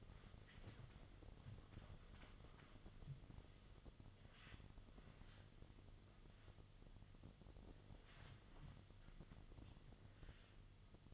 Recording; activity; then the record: daily activity, microphone in the room; wipe stove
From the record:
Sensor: 4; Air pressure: 1005.7 hPa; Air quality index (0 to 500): 108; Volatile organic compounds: 3 ppm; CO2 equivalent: 1347 ppm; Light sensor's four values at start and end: 12/27/11/10 and 12/26/10/10